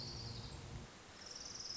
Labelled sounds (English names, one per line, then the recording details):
Orange-crowned Warbler
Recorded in Sonoma County, California